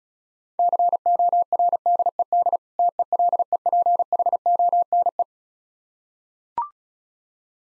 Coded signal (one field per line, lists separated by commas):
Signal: Morse code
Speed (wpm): 36 wpm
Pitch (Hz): 700 Hz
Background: none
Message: CORDED TELEPHONE